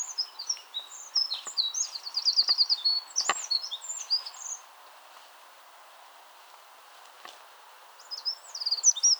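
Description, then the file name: Eurasian wren song: a loud burst of rapid, high, scratchy notes with a fast trill in the middle, a short sharp click, a pause, then the song resumes. "Troglodytes troglodytes"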